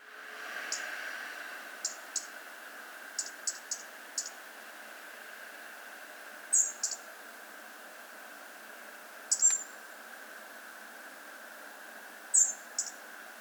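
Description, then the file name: European robin giving short, sharp high ticks, often in pairs, about a dozen spaced irregularly, with a few brighter thin notes, over a steady background hiss. "Erithacus rubecula"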